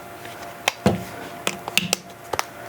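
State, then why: Seated. The edges of a rubberized protective case are worked around a tablet and pop into place with sharp snaps at 0.7, 1.5, 1.8, 1.9 and 2.4 seconds, with a duller, lower knock just after the first snap. The case ends up fully seated on the tablet.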